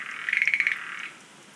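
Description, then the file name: Schlegel's green tree frog giving one rapid pulsed croak, a quick rattling series of about eight clicks that fades out within a second. "rodolphe alexis - rhacophorus schlegelii"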